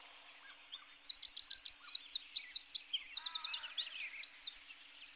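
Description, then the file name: Eurasian wren singing a fast, high, loud song of rapid trills and sharp notes, running about four seconds without a break. "Troglodyte Mignon"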